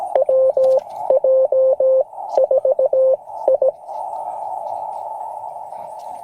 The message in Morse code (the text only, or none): WJ4I